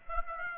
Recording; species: mosquito wingbeat signal from an infrared sensor; Aedes aegypti